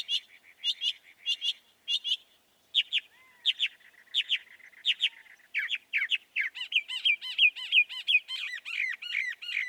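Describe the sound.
Northern mockingbird song with sets of sharp repeated notes, changing to slurred chirps, then a fast twittering series of rising and falling notes.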